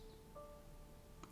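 A threaded air hose is aligned with the port of an Auxito A301 smart electric pump, a portable tire inflator, and twisted clockwise until it locks in place. Over faint steady tones, a single short, sharp click at 1.2 s marks the lock. The hose is seated on the pump.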